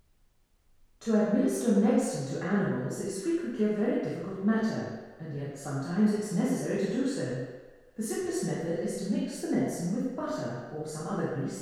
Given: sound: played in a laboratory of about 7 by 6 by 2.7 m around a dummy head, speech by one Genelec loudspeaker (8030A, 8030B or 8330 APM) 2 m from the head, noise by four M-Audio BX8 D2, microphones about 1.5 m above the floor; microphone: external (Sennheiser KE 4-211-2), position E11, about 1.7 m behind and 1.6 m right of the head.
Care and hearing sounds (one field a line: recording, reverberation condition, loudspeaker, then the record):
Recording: female speech in English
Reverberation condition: high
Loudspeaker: behind (180 degrees)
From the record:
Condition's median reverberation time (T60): about 1300 ms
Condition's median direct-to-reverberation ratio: about -4.0 dB